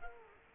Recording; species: mosquito wingbeat signal from an infrared sensor; Culex quinquefasciatus